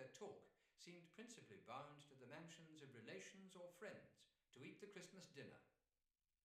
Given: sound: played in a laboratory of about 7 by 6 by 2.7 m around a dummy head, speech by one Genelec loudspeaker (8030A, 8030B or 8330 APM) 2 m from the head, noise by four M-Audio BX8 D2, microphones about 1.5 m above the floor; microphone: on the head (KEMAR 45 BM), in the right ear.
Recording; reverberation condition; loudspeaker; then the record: male speech in English; medium; 90 degrees to the right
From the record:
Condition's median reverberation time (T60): about 510 ms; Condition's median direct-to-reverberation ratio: about -0.5 dB